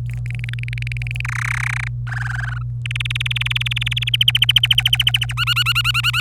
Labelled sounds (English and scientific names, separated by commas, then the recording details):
Domestic Canary (Serinus canaria) song
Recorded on 25 April 2018 at 17:50
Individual llb3